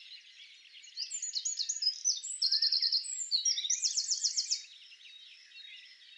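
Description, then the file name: Eurasian wren song, an energetic outpouring of fast, high, rattling trills and piercing notes for around three and a half seconds, with faint chirping birds in the background. "Troglodytes troglodytes"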